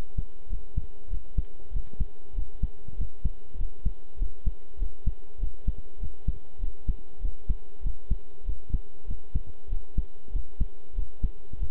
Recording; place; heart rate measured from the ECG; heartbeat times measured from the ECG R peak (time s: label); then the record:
heart sounds by stethoscope; between the tricuspid and mitral areas; 97 bpm
0.48 s: heartbeat
1.08 s: heartbeat
1.71 s: heartbeat
2.34 s: heartbeat
2.96 s: heartbeat
3.56 s: heartbeat
4.17 s: heartbeat
4.77 s: heartbeat
5.38 s: heartbeat
5.99 s: heartbeat
6.59 s: heartbeat
7.20 s: heartbeat
7.81 s: heartbeat
8.44 s: heartbeat
9.06 s: heartbeat
9.68 s: heartbeat
10.31 s: heartbeat
10.94 s: heartbeat
11.57 s: heartbeat
From the record:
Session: pedaling a stationary bicycle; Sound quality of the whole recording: good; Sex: male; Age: 23 years